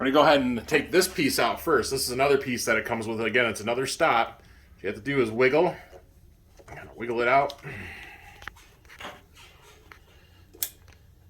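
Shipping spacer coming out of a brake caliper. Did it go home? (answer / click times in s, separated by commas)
released / 10.6 s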